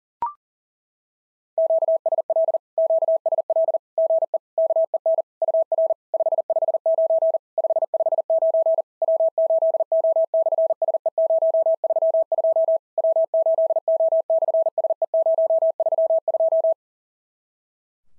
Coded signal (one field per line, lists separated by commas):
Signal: Morse code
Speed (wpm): 40 wpm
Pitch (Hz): 650 Hz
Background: none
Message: QSL QSL GE KEN UR 559 559 W8O/SE032 W8O/SE032